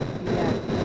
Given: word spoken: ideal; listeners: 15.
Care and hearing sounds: one Spanish word in noise, from a listening test; noise modulated by three-talker babble; -6.6 dB; 0 of 15; 9 of 15; 0.45 s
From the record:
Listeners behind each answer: 9, 2, 1, 1, 1, 1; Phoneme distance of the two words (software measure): 34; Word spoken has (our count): 3 syllables, 5 phonemes, stress on syllable 3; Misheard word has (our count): 2 syllables, 5 phonemes, stress on syllable 2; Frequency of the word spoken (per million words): 47.35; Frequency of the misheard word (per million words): 49.50

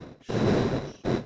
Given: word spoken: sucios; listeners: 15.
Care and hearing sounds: one Spanish word in noise, from a listening test; noise modulated by one talker; -12.8 dB; 0 of 15; 6 of 15; 0.86 s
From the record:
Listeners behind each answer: 6, 2, 1, 1, 1, 1, 1, 1, 1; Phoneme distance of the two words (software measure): 34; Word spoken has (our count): 2 syllables, 6 phonemes, stress on syllable 1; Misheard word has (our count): 2 syllables, 6 phonemes, stress on syllable 1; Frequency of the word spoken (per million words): 5.47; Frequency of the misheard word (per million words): 45.95

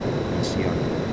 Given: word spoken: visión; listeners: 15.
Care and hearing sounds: one Spanish word in noise, from a listening test; speech-shaped noise; -5.4 dB; 0 of 15; 11 of 15; 0.73 s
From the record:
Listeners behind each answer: 11, 1, 1, 1, 1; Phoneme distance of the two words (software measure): 10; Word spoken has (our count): 2 syllables, 6 phonemes, stress on syllable 2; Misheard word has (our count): 2 syllables, 6 phonemes, stress on syllable 2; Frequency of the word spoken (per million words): 85.26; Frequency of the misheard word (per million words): 56.05

